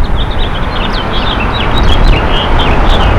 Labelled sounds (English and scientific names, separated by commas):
House Finch (Haemorhous mexicanus) song